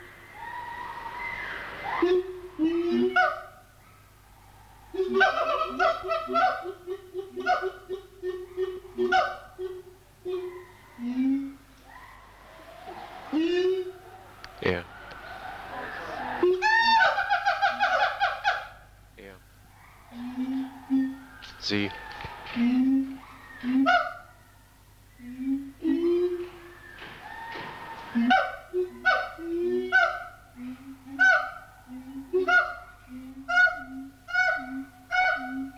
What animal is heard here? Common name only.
Siamang